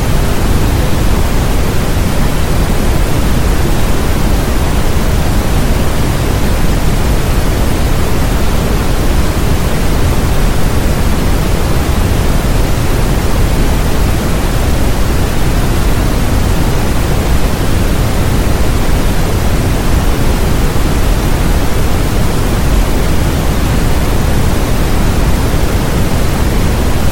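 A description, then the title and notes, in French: Brown noise plays as a steady, dense rumble, heaviest in the deep lows and thinning toward a soft hiss up top. It holds perfectly even for the whole stretch, with no events, pauses or changes in level. Bruit brun.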